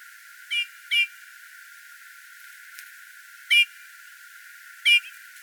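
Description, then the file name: Eurasian bullfinch giving four short, soft piping notes with faint overtones, two close together early, then two more spaced apart after a pause, over quiet background hiss. "Pyrrhula pyrrhula"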